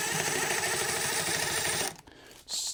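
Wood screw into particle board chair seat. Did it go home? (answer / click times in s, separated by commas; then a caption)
no / none. A drill drives a wood screw through a chair's cross brace into the particle board seat, into a hole packed with toothpicks. The drill whirs steadily until about 1.9 s, drops to near quiet, then gives a short high whir again near 2.5 s. Nothing seats or clicks: the screw just spins in the completely stripped hole and never tightens.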